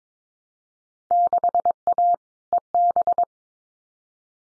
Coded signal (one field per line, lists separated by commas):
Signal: Morse code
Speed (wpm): 22 wpm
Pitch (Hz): 700 Hz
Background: none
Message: 6A EB